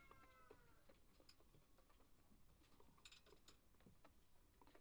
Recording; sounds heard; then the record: poultry house recording; healthy chickens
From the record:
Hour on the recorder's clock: 1